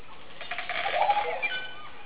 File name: psarocolius viridis